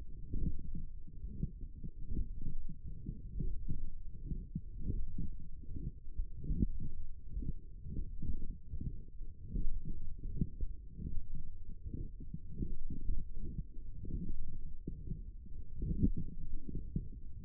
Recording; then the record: forearm muscle sounds (acoustic myography)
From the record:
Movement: forearm supination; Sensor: system 1, eight BSWA MPA416 microphones around the upper forearm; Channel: 2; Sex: male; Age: 21 years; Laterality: right